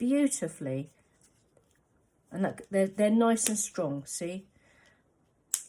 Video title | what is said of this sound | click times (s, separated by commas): How to insert (and remove) Kam Snaps | there's a lovely satisfying click | 5.5 s